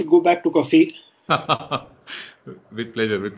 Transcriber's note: laughs